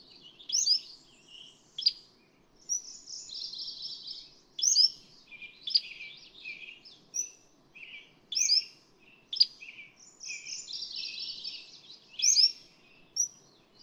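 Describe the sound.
Cordilleran flycatcher song: bright high slurred notes repeated at irregular intervals, mixed with rapid trilled and warbling phrases of another songbird.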